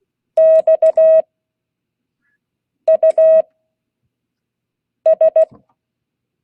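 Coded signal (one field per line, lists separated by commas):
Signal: Morse code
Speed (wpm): 16 wpm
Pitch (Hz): 630 Hz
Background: none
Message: X U S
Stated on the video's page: Morse code class.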